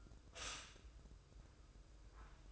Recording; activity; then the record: daily activity, microphone in the room; stop toaster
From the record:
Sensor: 2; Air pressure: 995.1 hPa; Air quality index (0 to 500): 57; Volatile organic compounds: 1 ppm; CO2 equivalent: 928 ppm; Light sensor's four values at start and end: 16/53/21/20 and 16/53/21/20